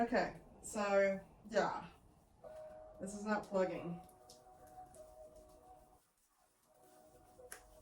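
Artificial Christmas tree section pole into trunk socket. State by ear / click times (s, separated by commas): seated / 7.5 s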